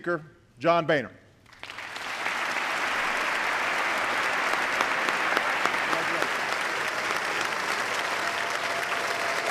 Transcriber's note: applause